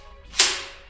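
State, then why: Seated. The sliding barrel of a Double Bell M203 airsoft 40 mm underbarrel grenade launcher, mounted on an M16A4 rifle, is pulled back over a loaded gas-filled shell until it locks. A single loud, sharp, bright click lands at 0.4 s and fades out over about a third of a second against a quiet background. The barrel locks shut over the shell.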